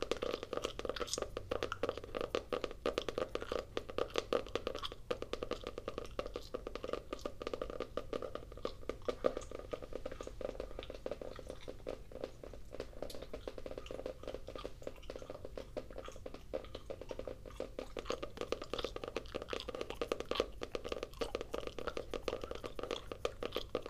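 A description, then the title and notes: Gum chewing and tapping go on continuously, with dense, rapid clicks and wet smacks packed closely together for the whole stretch. The sounds are fairly bright, with a steady low murmur underneath and no clear pauses. ASMR Gum Chewing and Tapping.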